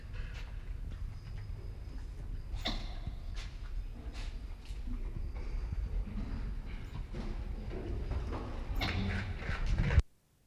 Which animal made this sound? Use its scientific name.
Nasua narica